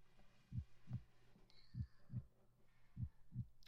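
Slow, steady paired lub-dub thumps, about 50 beats a minute: an ordinary, regular heartbeat of an adult, a teacher's, heard close up, soothing and very regular.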